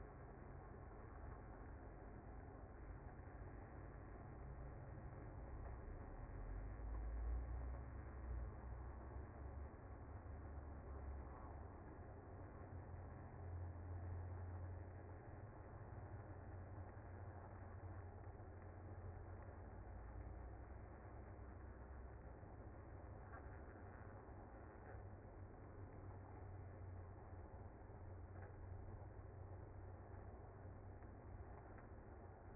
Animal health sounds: honeybee colony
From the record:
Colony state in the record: active

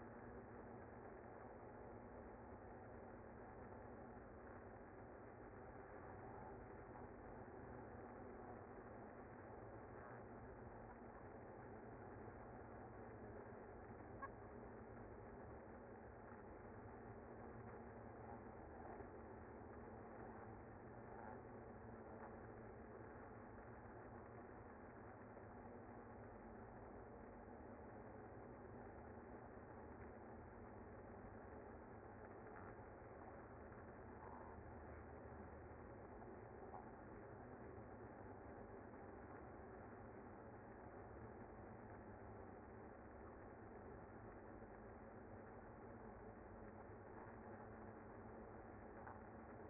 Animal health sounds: honeybee colony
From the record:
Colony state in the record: active

